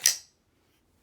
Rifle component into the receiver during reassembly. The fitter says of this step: give that a little snap